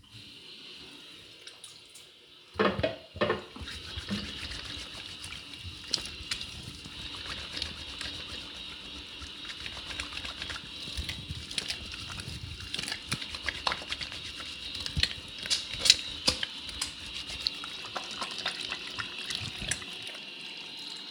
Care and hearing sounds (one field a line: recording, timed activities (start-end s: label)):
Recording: household activities, microphone on the right wrist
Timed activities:
0.00-21.11 s: washing hands